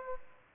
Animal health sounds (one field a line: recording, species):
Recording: mosquito wingbeat signal from an infrared sensor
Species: Aedes aegypti